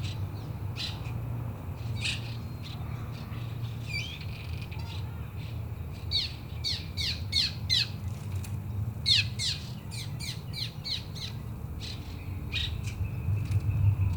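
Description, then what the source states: Birds chirping in quick clusters of sharp descending notes, busiest in the middle and near the end, with a steady low drone beneath. City park ambience.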